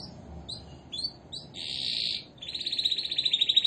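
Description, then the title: Canary song: a few short chirps, then a steady buzzy note, then a fast pulsing roll that grows louder toward the end. Canary in full, persistent song featuring long rolls (roll panjang); described locally as gacor and ngotot. "Kicau Kenari GACOR NGOTOT ROLL PANJANG"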